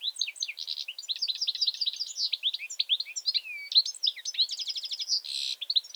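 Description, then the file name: European goldfinch in continuous fast twittering, mixing tinkling notes, slurred whistles and a buzzy rattle near the end. "Carduelis carduelis"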